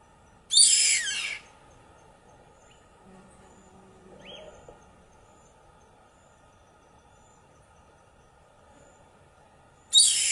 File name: canto do gaviao branco